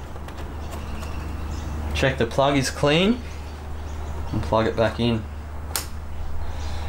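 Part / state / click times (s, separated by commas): wiring plug into MAF sensor / seated / 5.8 s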